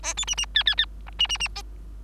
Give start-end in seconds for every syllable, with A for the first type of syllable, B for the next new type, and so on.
0.03-0.14 A, 0.17-0.25 B, 0.27-0.35 C, 0.37-0.46 C, 0.55-0.63 D, 0.66-0.75 D, 0.78-0.85 D, 1.06-1.10 E, 1.19-1.27 C, 1.29-1.38 C, 1.40-1.48 C, 1.55-1.62 A